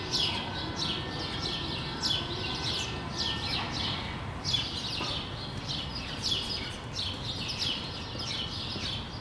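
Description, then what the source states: Sparrows chattering with repeated descending chirps in loose bursts, with a faint whine and low rumble in the background. Sparrows recorded on Rue de l'épargne, Brussels, Belgium, on World Sparrow Day; Lom mikroUši AB microphones into a Deity PR-2 recorder.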